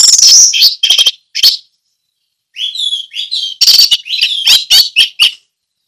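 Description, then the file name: Orange-headed thrush song: harsh, loud high bursts, a pause of about a second, then harmonic whistles and rapid sharp notes. Song in the ngeplong style. "anis merah ngeplong"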